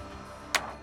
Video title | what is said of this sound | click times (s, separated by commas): This 1986 Toronado Was Supposed to Be a Parts Car… But It Runs Too Good | And then you hear that little latch. | 0.6 s